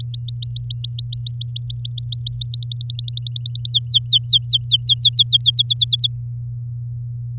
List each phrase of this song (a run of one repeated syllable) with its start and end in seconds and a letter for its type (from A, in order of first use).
0.00-2.50 A, 2.54-3.71 B, 3.72-5.50 C, 5.54-6.07 D